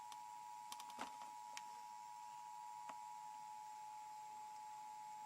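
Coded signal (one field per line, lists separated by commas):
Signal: Emergency Alert System (SAME) tones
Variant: 853 and 960 Hz attention tone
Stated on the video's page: Oregon Required Monthly Test captured on three channels.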